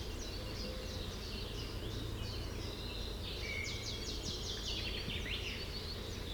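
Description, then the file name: Common chaffinch song, high notes leading into a fast run of repeated falling notes, over a constant low rumble throughout. "Fringilla coelebs"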